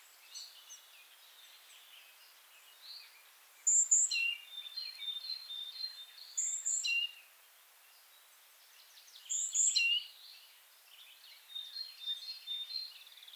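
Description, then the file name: Great tit calls: three phrases of high thin whistles dropping to lower notes, with sharp ticks and fainter chattering notes scattered throughout over light hiss. "Parus major"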